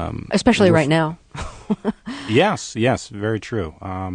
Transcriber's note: laughs